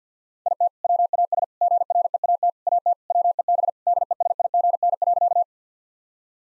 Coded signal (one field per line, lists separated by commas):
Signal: Morse code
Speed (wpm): 50 wpm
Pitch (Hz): 700 Hz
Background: none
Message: IT WAS GREAT AT WEB DESIGN.